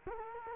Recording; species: mosquito wingbeat signal from an infrared sensor; Culex quinquefasciatus